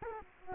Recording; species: mosquito wingbeat signal from an infrared sensor; Culex quinquefasciatus